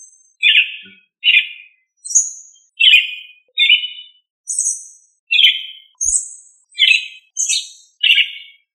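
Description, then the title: Thrush song of bright whistled notes, high and mid-pitched notes alternating in a sequence of about eleven, each separated by a short pause. "Familia Turdidae - Sabia"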